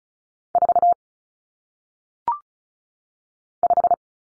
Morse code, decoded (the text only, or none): 4 5